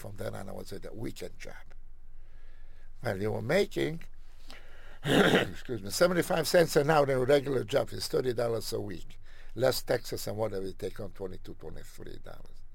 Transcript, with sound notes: From then on, it was a weekend job. When you were making — [clears throat] excuse me — seventy-five cents an hour, your regular job is thirty dollars a week, less taxes and whatever you take home, twenty-two, twenty-three dollars.